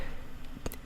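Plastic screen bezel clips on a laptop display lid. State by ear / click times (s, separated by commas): released / 0.7 s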